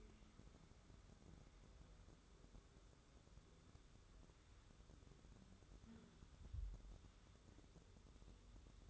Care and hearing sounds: daily activity, microphone in the room; wipe stove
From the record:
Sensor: 3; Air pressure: 1015.1 hPa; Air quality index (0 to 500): 78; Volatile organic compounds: 2 ppm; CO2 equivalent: 1055 ppm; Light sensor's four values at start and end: 15/39/15/16 and 15/39/15/16

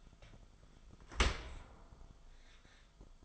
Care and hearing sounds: daily activity, microphone in the room; open dishwasher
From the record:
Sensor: 5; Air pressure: 1004.7 hPa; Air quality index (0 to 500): 92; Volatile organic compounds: 2 ppm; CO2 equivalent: 1115 ppm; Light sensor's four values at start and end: 33/77/31/30 and 33/76/31/30

